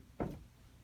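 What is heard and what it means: Pressing the release button on a Bissell Pet Stain Eraser portable spot carpet cleaner pops its plastic dirty-water waste tank out of the machine. A single sharp, short hit sounds at 0.2 s against a quiet background, and the tank comes free.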